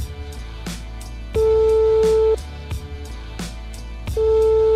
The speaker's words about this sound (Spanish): Mira, estoy marcando. ¡Joder, estoy marcando!